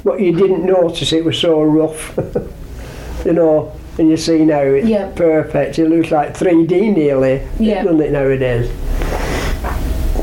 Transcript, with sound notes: But you didn't notice it was so rough. [laughs] You know.
Yeah.
When you see now. It's perfect. It looked like 3D, nearly, doesn't it nowadays--
Yeah.